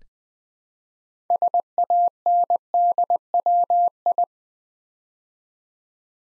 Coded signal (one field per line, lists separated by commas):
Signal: Morse code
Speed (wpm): 20 wpm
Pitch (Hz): 700 Hz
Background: none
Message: SANDWI